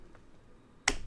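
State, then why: Torque reached. A supplied torque wrench tightens a socket retention screw on the metal retaining frame of a CPU socket. A faint tick sounds at 0.2 s, then the wrench gives a single sharp, bright click at 0.9 s as it reaches its torque setting. There is no talk.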